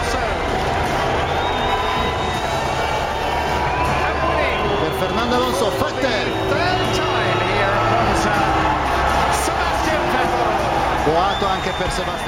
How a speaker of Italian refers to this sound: a me non sono piaciuti nemmeno questi fischi, te li faccio sentire, il modo con cui la gente di Monza ha accolto Sebastian Vettel. Alzate il volume.